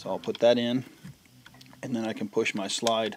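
During reassembly of a Marlin Model 60 rimfire rifle, the metal slide handle is fitted into its locking slot in the receiver while someone talks. A few faint ticks come in a pause around 1.3 to 1.7 s. The slide has not yet been pushed to the top, and nothing has seated or locked yet.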